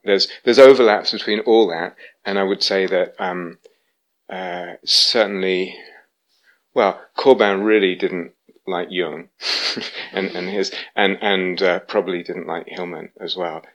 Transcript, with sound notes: There are overlaps between all that, and I would say that certainly -- well, Corbin really didn't like Jung. [laughter] And probably didn't like Hillman as well.